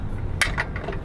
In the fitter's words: There you go. So it locks in place.